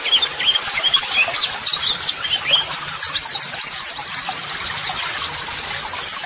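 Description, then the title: Energetic white-eye twittering, sharp downslurred chips and sweet whistles crowded together, the singing never pausing. Masteran (model song) audio for training white-eyes, described as therapy audio meant to make a bird answer at once; 'gacor' meaning a vigorously singing bird. "Pleci Gacor. LANGSUNG NYAUT MASTERAN AUDIO TERAPI PLECI"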